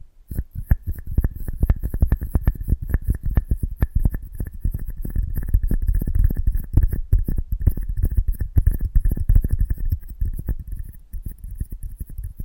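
Close-up microphone handling: a dense, irregular stream of low thumps and scratchy taps over steady hiss, with a faint thin whine throughout.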